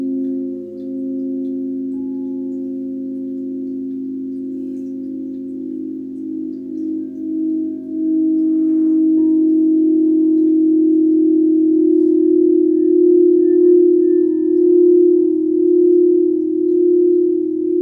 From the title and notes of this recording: 30 Minute Sound Bath.